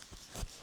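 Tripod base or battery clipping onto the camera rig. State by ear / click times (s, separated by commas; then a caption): seated / 0.0 s. The lower part of a tripod, or the battery, is fitted onto a camera rig, and a small click is heard at 0.0 s as it clips into place. Faint handling noise follows, and the part is seated.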